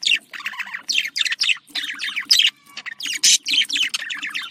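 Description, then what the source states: Budgerigar warbling in quick bursts of buzzy, scratchy chirps and tweets, tumbling one after another with brief gaps between phrases. A pair of budgerigars.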